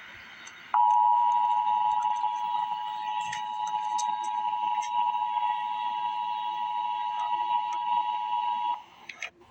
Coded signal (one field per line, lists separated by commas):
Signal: Emergency Alert System (SAME) tones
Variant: 853 and 960 Hz attention tone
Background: speech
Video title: Emergency Alert System - Special Weather Statement - Jan 18, 2025 at 7:54 PM EST